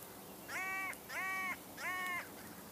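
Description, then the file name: Carrion crow cawing: three harsh, hoarse caws of even length in quick succession, each slightly falling at the end, over steady background noise. "Corvus corone"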